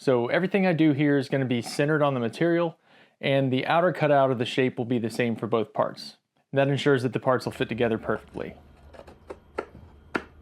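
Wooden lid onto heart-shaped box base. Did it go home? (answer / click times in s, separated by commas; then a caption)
yes / 10.2 s. Someone talks for about eight seconds, then a rosewood heart-shaped lid is pressed onto its matching box base. After a couple of faint taps, it seats with a sharp snap at 10.2 s.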